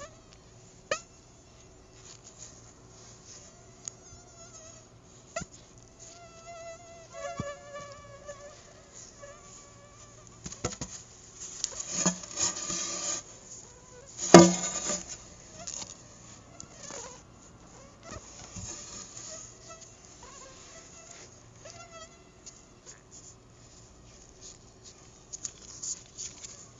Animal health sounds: mosquito flight sound by mobile phone; Anopheles arabiensis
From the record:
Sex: female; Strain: Dongola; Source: CDC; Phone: Google Nexus

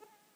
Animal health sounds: mosquito flight sound by mobile phone; Aedes sierrensis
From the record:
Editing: cut to the mosquito's sound

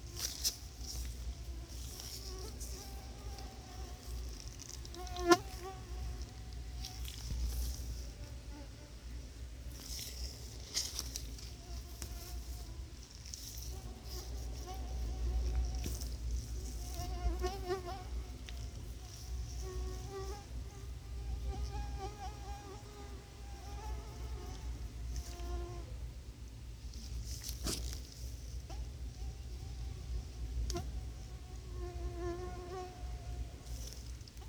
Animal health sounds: mosquito flight sound by mobile phone; Anopheles quadrimaculatus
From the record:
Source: Auburn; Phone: Sony Xperia

